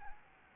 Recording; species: mosquito wingbeat signal from an infrared sensor; Anopheles gambiae